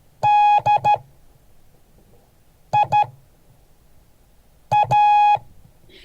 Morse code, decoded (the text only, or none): DIA